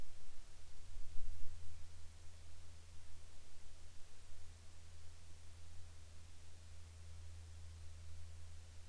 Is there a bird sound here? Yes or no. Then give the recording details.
no. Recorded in the Arctic National Wildlife Refuge, Alaska, on 8 July 2019 at 10:13. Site 39